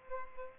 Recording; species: mosquito wingbeat signal from an infrared sensor; Aedes aegypti